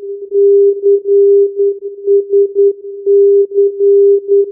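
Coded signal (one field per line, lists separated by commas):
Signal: Morse code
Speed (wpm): 9 wpm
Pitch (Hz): 400 Hz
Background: none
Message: CSC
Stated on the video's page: Cannes Mandelieu non-directional beacon on AM 386 kHz, recorded off air.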